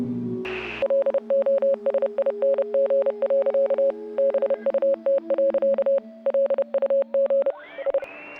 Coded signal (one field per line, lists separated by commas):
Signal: Morse code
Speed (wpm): 30 wpm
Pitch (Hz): 550 Hz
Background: music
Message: LOSING. BUT. LUG I